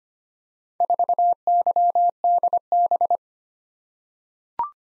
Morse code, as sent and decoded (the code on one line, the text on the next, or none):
....- -.-- -.. -...
4YDB